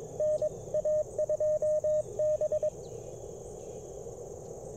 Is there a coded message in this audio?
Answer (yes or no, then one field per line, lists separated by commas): yes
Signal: Morse code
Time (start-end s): 0.2-2.7 s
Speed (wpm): 21 wpm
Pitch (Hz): 590 Hz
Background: radio noise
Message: NA2B